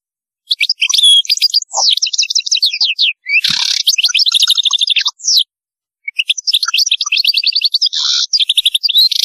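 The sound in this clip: European goldfinch song, long bursts of rapid liquid twittering with buzzy and tinkling notes, broken by short pauses.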